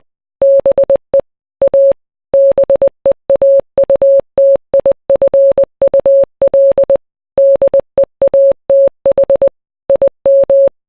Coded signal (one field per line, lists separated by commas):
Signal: Morse code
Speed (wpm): 20 wpm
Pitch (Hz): 550 Hz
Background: none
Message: BE A BEAUTIFUL DEATH IM